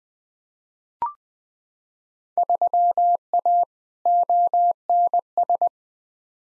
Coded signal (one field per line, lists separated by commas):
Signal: Morse code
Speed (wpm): 21 wpm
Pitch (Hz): 700 Hz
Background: none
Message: 3A ONS